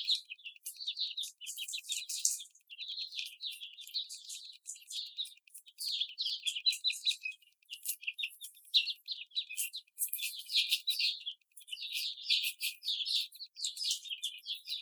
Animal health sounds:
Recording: young laying hens in a cage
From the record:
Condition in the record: after the stressor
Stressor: simulated dog barking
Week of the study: 4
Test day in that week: 2

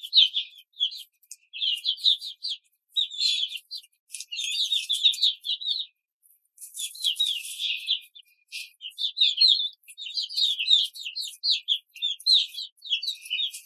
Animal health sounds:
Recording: young laying hens in a cage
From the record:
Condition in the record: control cage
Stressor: none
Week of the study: 5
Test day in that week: 1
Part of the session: 3

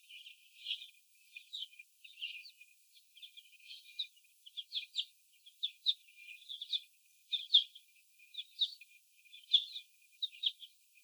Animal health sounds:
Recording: young laying hens in a cage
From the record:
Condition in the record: before the stressor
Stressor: sudden umbrella opening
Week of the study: 2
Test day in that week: 1

